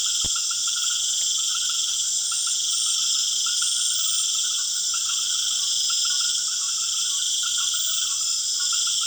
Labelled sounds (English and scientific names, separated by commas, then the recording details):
none
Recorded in secondary vegetation near Puerto Asís, Putumayo, Colombia, on 25 June 2025
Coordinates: 0.488, -76.319
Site G094